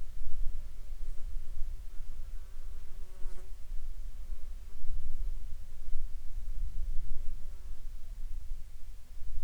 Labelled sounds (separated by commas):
insects